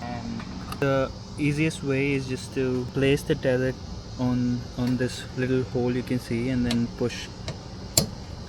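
A new fuel cap's plastic tether is placed over a small hole in the filler door area and pushed in while someone talks. A sharp click at 8.0 s marks the tether snapping into place and seating in its mount.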